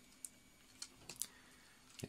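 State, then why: Seated. The legs of an X-Transbots Kup (Locke) V2 plastic transforming robot toy are spread on the hip ratchet pin joint. Two sharp clicks at 0.3 s and 1.2 s mark the two ratchet stops, with fainter ticks in between and at the end. The legs are seated in position.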